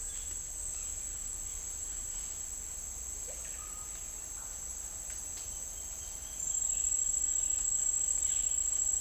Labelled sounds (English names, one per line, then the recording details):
none
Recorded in secondary vegetation near Puerto Asís, Putumayo, Colombia, on 21 December 2024 at 09:30
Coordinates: 0.484, -76.319
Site GP06